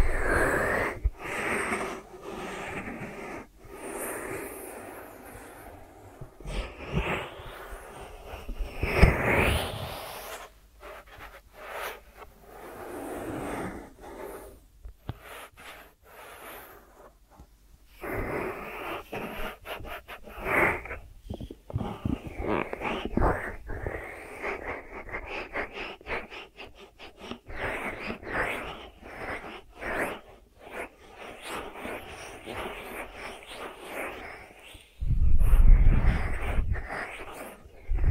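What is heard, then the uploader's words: An ASMR ear treatment made of irregular scratchy, rubbing and crinkling sounds that come in uneven bursts with short quiet gaps around 10 and 16 seconds. A heavier, deeper rumbling swell appears near 9 seconds and again around 35 seconds. ASMR 3D Brain Penetrating Ear Treatment.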